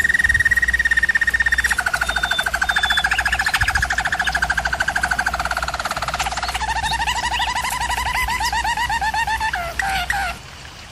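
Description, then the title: Canary singing a sustained rapid roll that drops in pitch, then a lower pulsing tour and brief clipped notes at the end, over a faint constant hum. Canary singing, for canary training. "German Roller Canary Singing - Canary Training Vid"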